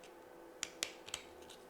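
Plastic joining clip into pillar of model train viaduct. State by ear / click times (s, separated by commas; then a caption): seated / 0.6 s, 0.8 s. A 3D-printed plastic joining clip is pushed in to connect two pillars of a model elevated train viaduct. Sharp clicks sound at 0.6 s and 0.8 s, followed by two fainter ticks near 1.1 s. The clip seats into place.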